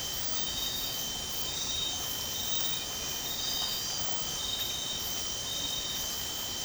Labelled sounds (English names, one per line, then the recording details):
none
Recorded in dense forest near Puerto Asís, Putumayo, Colombia, on 12 March 2025 at 04:30
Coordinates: 0.467, -76.328
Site G041